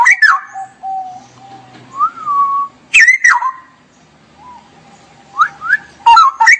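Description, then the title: Straw-headed bulbul singing rich, liquid whistled bursts that swoop up and down, with quiet gaps between phrases. Song-tutoring (masteran) recording for caged birds; ropel style, actively singing (gacor); clear quality. "mster Mnuk. Masteran Burung CUCAK ROWO Kualitas Jernih. Cucak Rowo Ropel Gacor"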